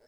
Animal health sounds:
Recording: pig call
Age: piglet (1 to 25 days)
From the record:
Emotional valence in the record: positive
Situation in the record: reunion after long isolation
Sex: female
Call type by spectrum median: low-frequency call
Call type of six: low-frequency tonal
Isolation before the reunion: 8 minutes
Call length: 0.08 s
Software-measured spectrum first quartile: 491 Hz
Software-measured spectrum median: 825 Hz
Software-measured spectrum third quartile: 3599 Hz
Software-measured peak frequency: 597 Hz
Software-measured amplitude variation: 89 dB a second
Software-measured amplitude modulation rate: 18.1 a second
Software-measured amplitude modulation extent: 4.9 dB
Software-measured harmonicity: 3.2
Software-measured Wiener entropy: -2.68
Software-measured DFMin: 1012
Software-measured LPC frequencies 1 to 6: 549, 1637, 5262, 6399, 7333, 8056 Hz

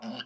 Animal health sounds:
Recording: pig call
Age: piglet (1 to 25 days)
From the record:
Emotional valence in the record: negative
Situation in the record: long isolation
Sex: male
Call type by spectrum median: low-frequency call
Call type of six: mixed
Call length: 0.26 s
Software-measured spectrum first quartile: 319 Hz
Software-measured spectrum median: 1062 Hz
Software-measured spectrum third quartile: 2866 Hz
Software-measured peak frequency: 230 Hz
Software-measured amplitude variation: 166 dB a second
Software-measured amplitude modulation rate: 17.2 a second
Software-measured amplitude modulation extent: 9.6 dB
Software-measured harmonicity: 5.0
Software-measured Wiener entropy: -2.18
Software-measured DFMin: 674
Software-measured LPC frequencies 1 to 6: 612, 1555, 2915, 4577, 5182, 7318 Hz

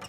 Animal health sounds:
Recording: pig call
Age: piglet (1 to 25 days)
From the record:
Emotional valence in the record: negative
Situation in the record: long isolation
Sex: female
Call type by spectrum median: low-frequency call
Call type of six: mixed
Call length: 0.09 s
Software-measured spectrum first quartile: 796 Hz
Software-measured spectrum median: 1999 Hz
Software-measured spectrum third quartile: 4413 Hz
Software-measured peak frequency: 1189 Hz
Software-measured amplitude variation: 51 dB a second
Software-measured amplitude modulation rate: 11.7 a second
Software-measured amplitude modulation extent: 4.4 dB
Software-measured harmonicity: 0.1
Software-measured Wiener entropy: -1.73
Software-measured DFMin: 340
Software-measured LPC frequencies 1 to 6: 747, 1277, 2157, 2848, 3860, 5563 Hz

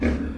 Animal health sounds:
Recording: pig call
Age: growing-finishing pig (85 days or more)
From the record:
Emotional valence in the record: negative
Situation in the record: barren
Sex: female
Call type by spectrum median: low-frequency call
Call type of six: low-frequency stable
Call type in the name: low-frequency stable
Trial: 3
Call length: 0.38 s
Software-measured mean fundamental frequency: 61 Hz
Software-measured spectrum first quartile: 143 Hz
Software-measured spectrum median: 274 Hz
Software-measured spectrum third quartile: 632 Hz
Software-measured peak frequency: 249 Hz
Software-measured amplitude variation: 139 dB a second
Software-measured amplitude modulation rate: 26.6 a second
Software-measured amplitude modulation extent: 5.2 dB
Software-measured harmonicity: -0.3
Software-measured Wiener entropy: -0.82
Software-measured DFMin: 644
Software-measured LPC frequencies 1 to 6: 329, 1635, 2274, 3438, 4254, 5767 Hz

